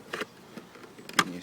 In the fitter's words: see right here it kind of snaps into place that's it one two three